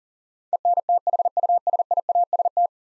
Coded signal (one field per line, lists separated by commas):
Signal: Morse code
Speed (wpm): 41 wpm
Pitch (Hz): 700 Hz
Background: none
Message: ENTHUSIAST